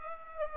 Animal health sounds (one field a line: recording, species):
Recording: mosquito wingbeat signal from an infrared sensor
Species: Aedes aegypti